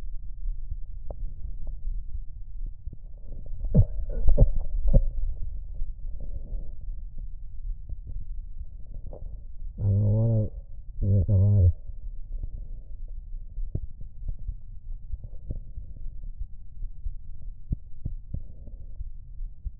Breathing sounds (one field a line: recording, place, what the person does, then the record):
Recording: lung sounds by stethoscope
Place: left anterior apical chest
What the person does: quiet breathing, then cough and speech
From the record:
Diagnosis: COPD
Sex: male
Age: 81 years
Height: 166 cm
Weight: 98.7 kg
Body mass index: 35.8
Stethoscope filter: extended mode